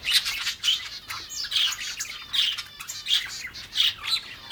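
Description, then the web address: Exotic birds calling in a stream of bright, shrill chirps and raspy squawks. "Blue Box birds birds exotic"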